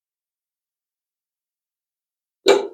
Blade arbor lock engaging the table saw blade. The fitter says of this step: put this in place rotate the blade until it snaps in